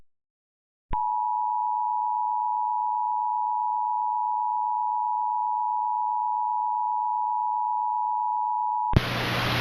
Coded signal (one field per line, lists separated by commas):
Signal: Emergency Alert System (SAME) tones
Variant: 853 and 960 Hz attention tone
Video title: EAS Mock: Tornado in the land of Corn